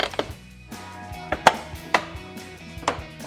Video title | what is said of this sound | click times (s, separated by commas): 2019-2021 Silverado 1500 LED DRL Quad Projector Headlights Review & Install | Pops on just like that. | 0.2 s, 1.5 s, 2.0 s, 2.9 s